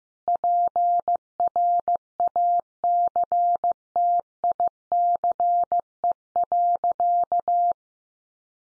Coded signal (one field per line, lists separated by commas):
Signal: Morse code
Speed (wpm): 15 wpm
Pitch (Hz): 700 Hz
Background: none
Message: PRACTICE.